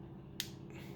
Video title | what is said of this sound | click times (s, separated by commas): My Binocular Selection and Harness Setup | you hear that click now you can swivel it around to adjust it and when you push it back into place this | 0.4 s